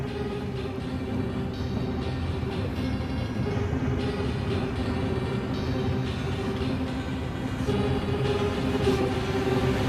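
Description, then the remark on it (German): A heavy transport truck carrying whisky approaches, its engine rumbling in a deep, continuous drone with a steady mechanical hum on top, holding a fairly even loudness for the whole stretch, with no voices. “Da kommt sie ja, die Whisky Fuhr.”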